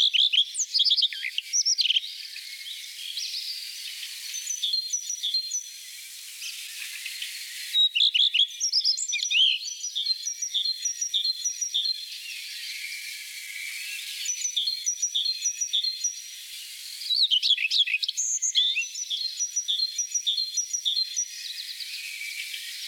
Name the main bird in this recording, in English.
Common Redstart